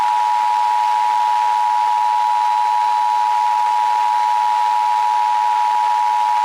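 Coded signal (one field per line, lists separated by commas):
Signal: Emergency Alert System (SAME) tones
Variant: 853 and 960 Hz attention tone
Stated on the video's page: Fictional EAS scenario about sirens attacking Lompoc, an invented mock alert.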